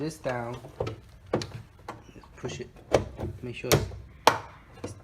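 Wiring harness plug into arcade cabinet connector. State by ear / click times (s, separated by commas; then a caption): seated / 4.3 s. While assembling a Marvel vs Capcom Head to Head arcade cocktail table, a wiring harness plug is pushed into its arcade cabinet connector as someone talks. A few soft knocks come first, then one sharp click at 4.3 s as the connector seats.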